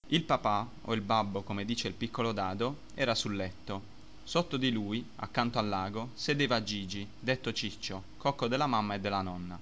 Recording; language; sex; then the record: read passage; Italian; male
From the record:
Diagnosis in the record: healthy control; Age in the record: 21 years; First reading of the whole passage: 44 s, 11.7 characters per second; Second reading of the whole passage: 44 s, 11.8 characters per second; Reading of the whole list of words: 49 s, 5.8 characters per second